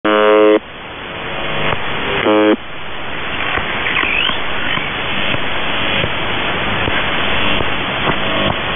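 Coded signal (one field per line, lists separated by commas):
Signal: channel marker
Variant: UVB-76 (The Buzzer)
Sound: harsh buzzes under a second long, three heard, separated by hissing static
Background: radio static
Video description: "The Buzzer" is a Russian military radiostation that broadcasts on 4625 kHz.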